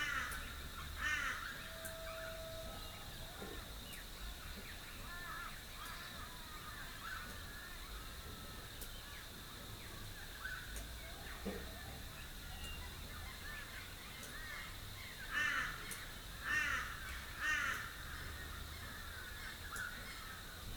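A rural dawn chorus in Rathdowney, Queensland: a steady high insect-like whine under scattered bird calls, with crow-like caws around 1, 15 and 17 seconds.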